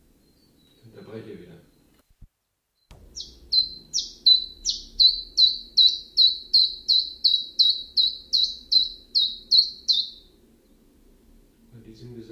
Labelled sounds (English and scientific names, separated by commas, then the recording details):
Common Chiffchaff (Phylloscopus collybita)
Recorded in captivity
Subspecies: collybita
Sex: male
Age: adult
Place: Zoologisches Institut Universität Tübingen, Baden-Württemberg, DE
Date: 1965-05-17
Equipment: Nagra III PH, kleiner englischer Parabolspiegel, LGS26
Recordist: Schneider, Hans-Joachim